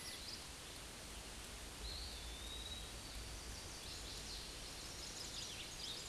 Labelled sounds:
Eastern Wood-Pewee song

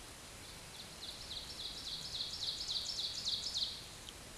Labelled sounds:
Ovenbird song

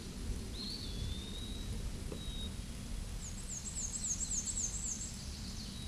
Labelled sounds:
Black-and-white Warbler song

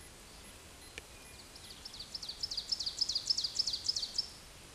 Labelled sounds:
Ovenbird song

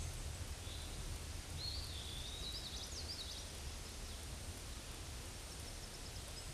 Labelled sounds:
Eastern Wood-Pewee song

